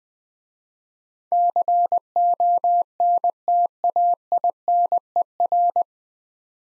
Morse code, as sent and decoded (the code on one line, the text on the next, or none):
-.-. --- -. - .- .. -. . .-.
CONTAINER